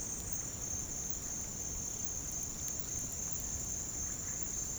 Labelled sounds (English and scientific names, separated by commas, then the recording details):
Russet-backed Oropendola (Psarocolius angustifrons)
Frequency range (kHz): Russet-backed Oropendola (Psarocolius angustifrons) 0.8-3.0 kHz
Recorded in dense forest near Puerto Asís, Putumayo, Colombia, on 29 June 2025 at 07:30
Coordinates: 0.503, -76.323
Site G059